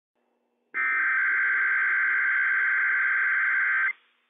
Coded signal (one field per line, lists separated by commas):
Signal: Emergency Alert System (SAME) tones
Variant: header bursts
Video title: Inland Northwest RWT - WWF56 - EAS #127 - 10:12 AM PDT 7/6/21